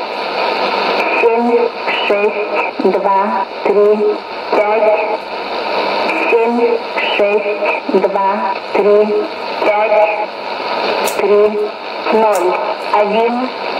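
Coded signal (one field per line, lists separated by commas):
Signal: numbers station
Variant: S06s, Russian language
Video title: 19 05 2017 Numbers station S06s Russian Lady in Russian to Eu 0944 on 9655 unknown tx site in CUSB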